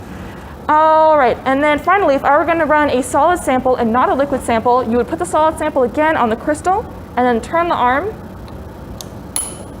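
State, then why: Torque reached. Someone talks, then the pressure arm of an ATR-IR accessory on an IR spectrometer is turned down onto a solid sample on the crystal until its slip clutch clicks at the set force. Two sharp clicks are heard at 9.0 s and 9.4 s.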